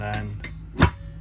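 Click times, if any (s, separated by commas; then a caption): 0.8 s. In a Jayco Jay Flight 224BH RV, a removable TV mount that pops up off its base is put back into its wall bracket while someone talks. A single sharp hit at 0.8 s marks the mount locking into place.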